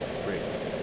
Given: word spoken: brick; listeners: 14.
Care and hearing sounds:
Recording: one English word in noise, from a listening test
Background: speech-shaped noise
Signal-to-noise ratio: -5.1 dB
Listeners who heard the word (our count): 3 of 14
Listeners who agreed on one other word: 8 of 14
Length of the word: 0.43 s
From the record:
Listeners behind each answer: 8, 3, 1, 1, 1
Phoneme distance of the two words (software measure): 10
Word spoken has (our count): 1 syllable, 4 phonemes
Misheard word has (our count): 1 syllable, 4 phonemes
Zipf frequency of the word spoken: 4.18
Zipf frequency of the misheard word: 4.71

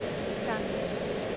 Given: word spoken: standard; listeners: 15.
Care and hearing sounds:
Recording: one English word in noise, from a listening test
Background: speech-shaped noise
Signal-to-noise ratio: -6.8 dB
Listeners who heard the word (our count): 4 of 15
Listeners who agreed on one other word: 11 of 15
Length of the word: 0.97 s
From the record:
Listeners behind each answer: 11, 4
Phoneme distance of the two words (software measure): 20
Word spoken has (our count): 2 syllables, 7 phonemes, stress on syllable 1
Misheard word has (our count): 2 syllables, 7 phonemes, stress on syllable 1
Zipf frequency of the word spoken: 4.72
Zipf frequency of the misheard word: 4.95

